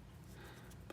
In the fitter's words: But there we go. Locked in place.